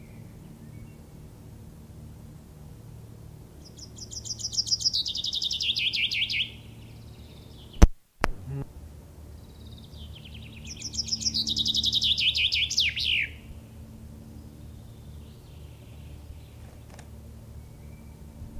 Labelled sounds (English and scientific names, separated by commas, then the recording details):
Common Chaffinch (Fringilla coelebs) song
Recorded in the wild
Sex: male
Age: adult
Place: Möhrendorf, Bayern, DE
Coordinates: 49.6322, 10.9842
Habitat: sand quarry
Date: 1962-06-30
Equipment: Stellavox SM 5, AKG D19, Original, Vollspur
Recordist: Tretzel, Erwin
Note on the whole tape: Möhrendorf, Dechsendorfer Straße, vordere Sandgrube. Männchen: Gesang (Erlanger Doppelschlag)